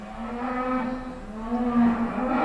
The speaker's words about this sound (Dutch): Nou, je hoort de koeien al loeien.